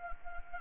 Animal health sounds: mosquito wingbeat signal from an infrared sensor; Anopheles gambiae

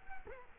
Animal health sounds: mosquito wingbeat signal from an infrared sensor; Culex quinquefasciatus

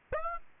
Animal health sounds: mosquito wingbeat signal from an infrared sensor; Aedes aegypti

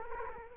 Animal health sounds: mosquito wingbeat signal from an infrared sensor; Culex quinquefasciatus

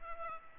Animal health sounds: mosquito wingbeat signal from an infrared sensor; Culex pipiens

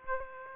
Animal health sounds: mosquito wingbeat signal from an infrared sensor; Aedes aegypti

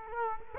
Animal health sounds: mosquito wingbeat signal from an infrared sensor; Culex quinquefasciatus

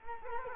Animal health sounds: mosquito wingbeat signal from an infrared sensor; Culex quinquefasciatus

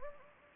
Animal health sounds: mosquito wingbeat signal from an infrared sensor; Anopheles gambiae

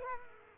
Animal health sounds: mosquito wingbeat signal from an infrared sensor; Culex quinquefasciatus

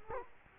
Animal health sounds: mosquito wingbeat signal from an infrared sensor; Culex quinquefasciatus

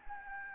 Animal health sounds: mosquito wingbeat signal from an infrared sensor; Anopheles gambiae

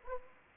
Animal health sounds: mosquito wingbeat signal from an infrared sensor; Anopheles arabiensis

